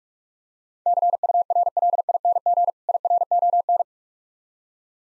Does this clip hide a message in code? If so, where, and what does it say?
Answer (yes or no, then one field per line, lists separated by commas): yes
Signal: Morse code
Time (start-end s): 0.9-3.8 s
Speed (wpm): 45 wpm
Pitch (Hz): 700 Hz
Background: none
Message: CURLING IRON